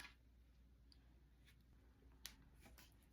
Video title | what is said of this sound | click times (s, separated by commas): April Monthly Mini: Raindrop | you'll hear it pop when it's in place and then you can put the other one | 2.3 s